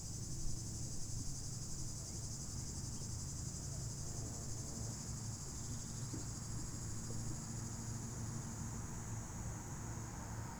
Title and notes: Au bord de la RD 991 près du lac du Bourget côté falaise , avec la chaleur les cigales sont très actives